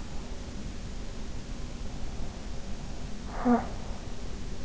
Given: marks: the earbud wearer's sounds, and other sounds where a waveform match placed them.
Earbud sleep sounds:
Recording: sounds in sleep by an in-ear microphone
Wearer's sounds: talking in sleep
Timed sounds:
3.07-4.24 s: talking in sleep

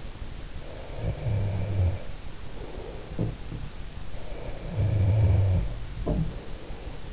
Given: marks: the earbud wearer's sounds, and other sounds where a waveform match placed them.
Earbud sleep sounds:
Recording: sounds in sleep by an in-ear microphone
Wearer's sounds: snoring breath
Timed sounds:
1.04-3.59 s: snoring breath
4.34-6.99 s: snoring breath

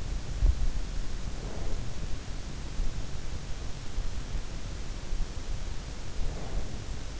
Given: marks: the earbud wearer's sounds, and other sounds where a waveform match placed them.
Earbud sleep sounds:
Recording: sounds in sleep by an in-ear microphone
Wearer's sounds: breath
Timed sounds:
1.03-2.42 s: breath
5.78-7.20 s: breath

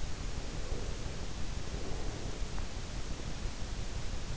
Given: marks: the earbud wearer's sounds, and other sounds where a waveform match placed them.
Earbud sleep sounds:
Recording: sounds in sleep by an in-ear microphone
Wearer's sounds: breath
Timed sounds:
0.38-2.47 s: breath

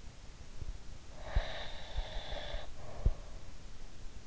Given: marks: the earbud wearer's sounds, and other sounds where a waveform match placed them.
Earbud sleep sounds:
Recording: sounds in sleep by an in-ear microphone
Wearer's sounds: breath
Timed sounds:
1.00-3.54 s: breath

